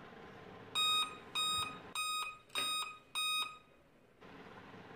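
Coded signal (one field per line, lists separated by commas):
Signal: beep code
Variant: laptop BIOS POST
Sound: five short, evenly spaced electronic beeps in quick succession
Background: small room hum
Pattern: 5 short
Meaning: Five beeps at power-on indicate a weak or damaged CMOS battery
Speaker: इससे बीप की आवाज़ आती है। आ रहा। यह बीप यह शब्द पांच बार आ रहा।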